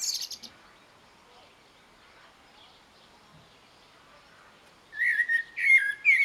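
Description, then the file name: Eurasian blackbird giving a short burst of high notes, then mostly quiet before several clear whistled warbling notes near the end. "Turdus merula"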